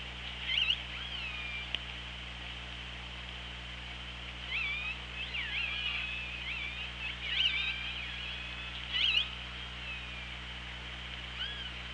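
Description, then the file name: Killer whale calls in short bursts every few seconds, squealing upswept and downswept tones with harmonics, over constant low humming and hiss. Recorded on the OrcaLab hydrophone, 24 August 2017, at 16:26. "Orca Lab 20170824 162605"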